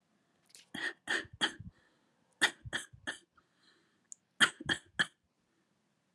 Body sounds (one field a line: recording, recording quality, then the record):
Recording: shallow voluntary cough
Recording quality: excellent, no background noise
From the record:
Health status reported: COVID-19 positive, mild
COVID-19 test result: positive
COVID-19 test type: RT-PCR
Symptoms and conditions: cough, cold, sore throat, fever, fatigue, muscle pain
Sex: male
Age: 26 years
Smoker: no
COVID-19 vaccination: both doses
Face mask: not worn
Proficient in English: yes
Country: India